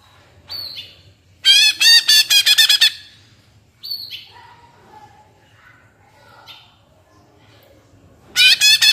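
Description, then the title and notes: Leafbird song: short downslurred whistles alternate with bursts of fast, rich repeated notes, with softer twitters between. Captive-style singing used as a master recording for training kept birds; described as gacor (singing constantly) and ngentrok, with raised crest, tuneful. "Cucak Ijo Gacor Ngentrok Jambul Nembak. suara burung cucak ijo gacor, merdu cocok buat masteran burung cucak ijo"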